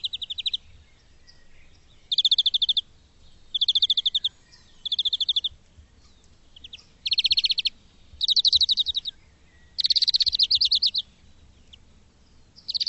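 Bird giving short, rapid trilled bursts, high and buzzy, each about a second long or less and repeated every one to two seconds.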